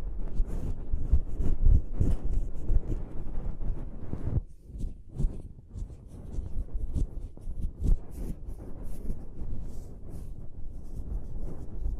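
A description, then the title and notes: Fluffy pom poms are rubbed and squished against the microphone, making a dense, scratchy rustle with a heavy, muffled low rumble. Quick crackly flicks come constantly, with a brief softer lull around four to five seconds before the rubbing resumes. ASMR Ultimate Pom Pom Tingles (No Talking).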